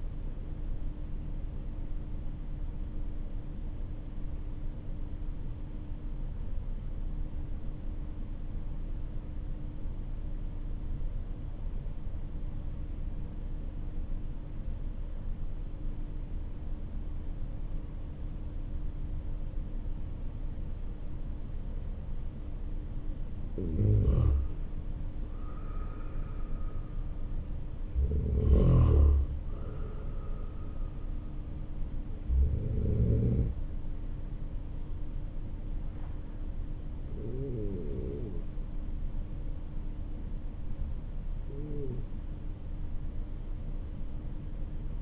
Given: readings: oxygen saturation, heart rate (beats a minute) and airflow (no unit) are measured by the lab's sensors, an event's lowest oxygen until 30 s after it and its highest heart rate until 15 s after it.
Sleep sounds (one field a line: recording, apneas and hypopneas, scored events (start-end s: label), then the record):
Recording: breathing in sleep by a smartphone at the bedside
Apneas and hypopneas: 1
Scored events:
4.00-21.60 s: obstructive apnea (N2, oxygen 96% highest, then 90% lowest, heart rate 51 at the start, 55 highest)
From the record:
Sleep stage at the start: N2 (light sleep)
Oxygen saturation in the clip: 88 to 96%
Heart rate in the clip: 49 to 55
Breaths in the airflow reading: 5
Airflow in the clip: -10.6 to 10.5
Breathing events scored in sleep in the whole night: 304 in 5.6 hours asleep